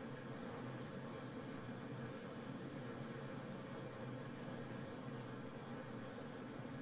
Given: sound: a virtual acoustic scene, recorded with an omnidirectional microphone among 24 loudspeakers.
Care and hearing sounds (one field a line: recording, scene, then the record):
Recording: noise of the scene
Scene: olnoise from 90 degrees (S0N90)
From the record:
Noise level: 65 dB SPL